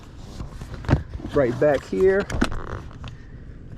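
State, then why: Not seated. The inner-side LATCH strap clip of a child car seat base is handled near the lower anchor bar of a 2019 Silverado pickup truck while someone talks, with a knock at about 0.9 s and a few faint ticks near 2.7 to 3.1 s. Nothing has seated or clicked yet.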